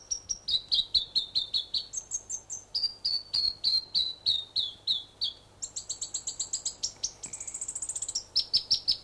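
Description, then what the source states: North Island robin song: long runs of clear, high whistled notes, each phrase a rapid series repeated at one pitch before jumping higher or lower, continuing steadily. New Zealand.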